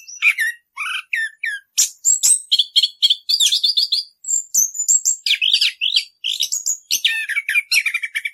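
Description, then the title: Orange-headed thrush song, a fast run of varied whistles, chirps and trills, high-pitched, with brief pauses between bursts. Rolling song style (ngerol), used as a master recording for training caged birds. "Anis Kembang 9. suara anis kembang ngerol"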